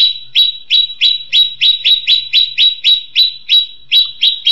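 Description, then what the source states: Leafbird song: an unbroken series of loud, sharp chip notes, each slurring downward, repeated roughly three to four times a second. Cucak ijo song in the tembakan cililinan style.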